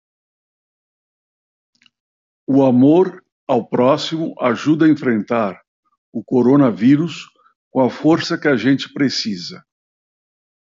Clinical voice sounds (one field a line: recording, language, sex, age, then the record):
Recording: spoken sentence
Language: Brazilian Portuguese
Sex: male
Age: 70 to 79 years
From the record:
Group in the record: control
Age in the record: 70 years